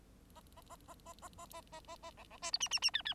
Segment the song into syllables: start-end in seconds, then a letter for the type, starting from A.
0.35-0.41 A, 0.56-0.61 A, 0.69-0.76 A, 0.87-0.94 A, 1.05-1.13 A, 1.21-1.29 A, 1.38-1.46 A, 1.52-1.62 A, 1.72-1.80 A, 1.87-1.96 A, 2.02-2.11 A, 2.17-2.24 B, 2.30-2.37 B, 2.42-2.51 C, 2.52-2.58 D, 2.60-2.69 E, 2.71-2.79 E, 2.82-2.91 E, 2.93-3.02 F, 3.05-3.14 F